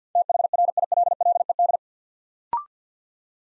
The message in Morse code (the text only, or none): THRILLED